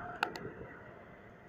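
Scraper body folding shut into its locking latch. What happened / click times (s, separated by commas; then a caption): The folding latch clicked shut in two stages / 0.2 s, 0.4 s. A lock button on a Sorbo 6-inch handheld scraper is pressed to fold the scraper body closed over its blade, keeping the blade from slicing things or getting dull. Two sharp clicks are heard at 0.2 s and 0.4 s, the two clicks its latch needs to fasten. The scraper folds shut and latches closed.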